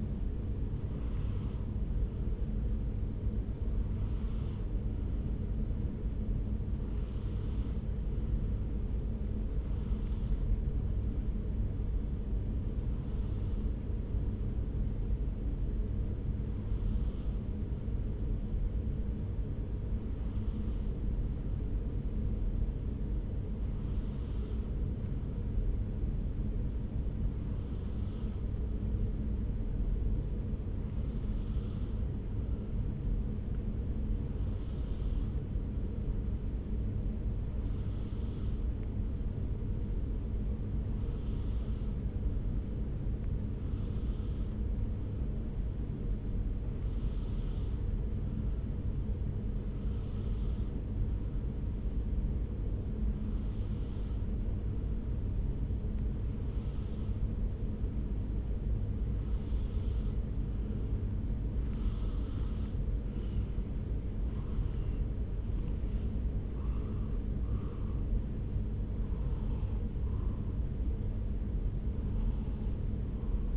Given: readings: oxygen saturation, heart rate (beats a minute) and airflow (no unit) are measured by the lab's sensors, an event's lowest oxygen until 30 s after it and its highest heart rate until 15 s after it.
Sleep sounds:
breathing in sleep by a smartphone at the bedside; 1
5.00-65.00 s: new sleep stage, N2 (light sleep)
9.00-62.10 s: hypopnea (N2, oxygen 95% highest, then 94% lowest)
65.00-73.57 s: new sleep stage, N1 (lightest sleep)
From the record:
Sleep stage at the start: N1 (lightest sleep); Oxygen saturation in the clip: 94 to 95%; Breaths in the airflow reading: 24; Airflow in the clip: -3.7 to 4.0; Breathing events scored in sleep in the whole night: 335 in 6.7 hours asleep

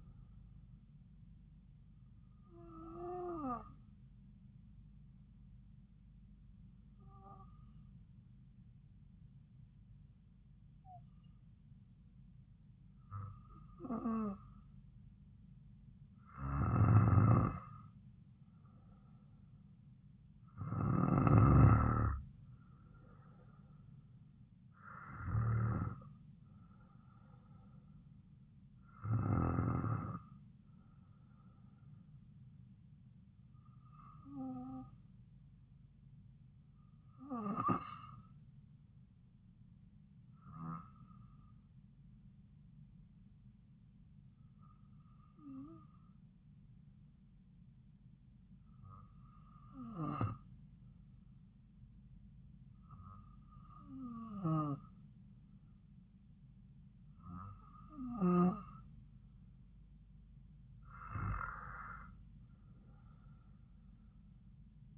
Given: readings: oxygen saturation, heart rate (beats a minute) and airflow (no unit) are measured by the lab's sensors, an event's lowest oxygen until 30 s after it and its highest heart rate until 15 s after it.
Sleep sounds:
breathing in sleep by a smartphone at the bedside; 2
5.00-20.00 s: hypopnea (N2, oxygen 95% highest, then 92% lowest)
32.00-57.60 s: hypopnea (N2, oxygen 96% highest, then 93% lowest)
From the record:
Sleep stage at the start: N2 (light sleep); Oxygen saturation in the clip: 92 to 96%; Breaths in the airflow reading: 15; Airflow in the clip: -3.8 to 3.7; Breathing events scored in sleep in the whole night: 270 in 6.1 hours asleep

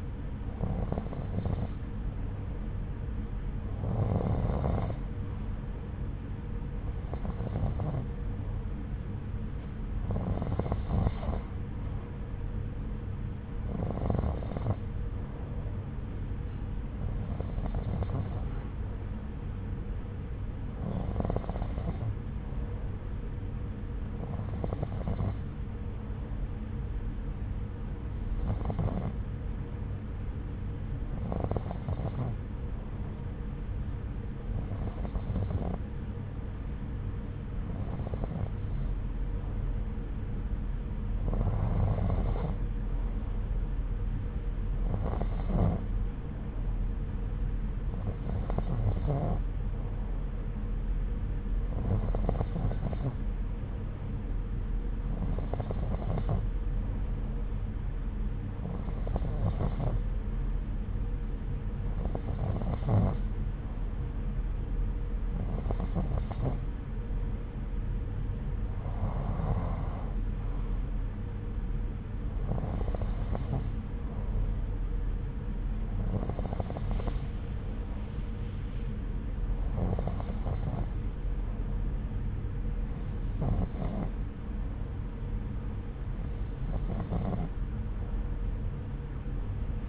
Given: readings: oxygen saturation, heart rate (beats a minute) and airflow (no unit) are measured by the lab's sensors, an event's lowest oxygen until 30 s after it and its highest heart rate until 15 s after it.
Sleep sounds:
breathing in sleep by a smartphone at the bedside; 1
48.00-70.20 s: hypopnea (N2, oxygen 93% highest, then 91% lowest)
84.00-89.89 s: new sleep stage, N1 (lightest sleep)
From the record:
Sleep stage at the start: N2 (light sleep); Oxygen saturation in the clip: 91 to 93%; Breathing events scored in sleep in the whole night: 303 in 8.1 hours asleep

